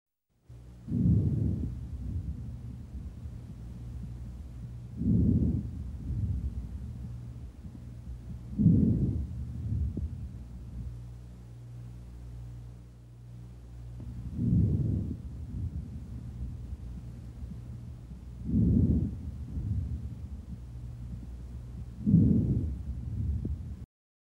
Normal vesicular sound.